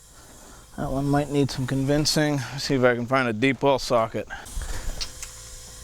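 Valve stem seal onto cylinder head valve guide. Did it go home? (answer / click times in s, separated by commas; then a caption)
yes / 5.2 s. A valve stem seal is pushed down onto the valve guide of a cylinder head on a 1987 Chevy R10 using a deep well socket. Someone talks, then a short sharp hit at 5.2 seconds marks the seal popping into place, confirming it has seated on the guide.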